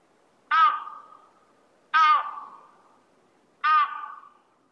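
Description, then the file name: Crested ibis giving three harsh, hoarse croaking calls, each starting loud and trailing off, spaced about one and a half seconds apart, over quiet background. Recorded on Sado on 23 December 2014. "toki sado"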